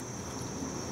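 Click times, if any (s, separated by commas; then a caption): none. The second auxiliary reverse light's plastic wiring connector is handled at the factory wiring harness plug, heard as a steady broadband hiss with a constant high tone near 6 kHz and no distinct transient. Nothing has seated or clicked yet.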